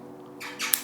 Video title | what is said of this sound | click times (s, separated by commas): Dji Mic Mini unboxing | like so don't know if you heard the click so it won't fall off | 0.7 s